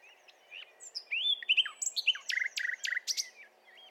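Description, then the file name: Common nightingale song: a varied phrase of slurred whistles, quick doubled notes and short rattling bursts, delivered fast and loud. "Luscinia megarhynchos"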